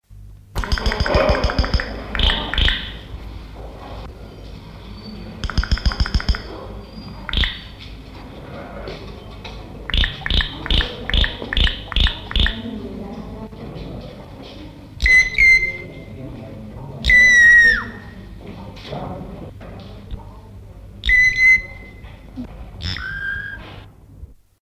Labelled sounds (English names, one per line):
Green Jay call